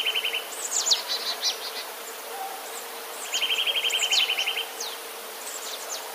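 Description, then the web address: Eurasian nuthatch song: a fast, even trill of identical notes on one pitch, given twice, mixed with high chirps and squeaks from other birds. "wroblowe kolekcja kowalik"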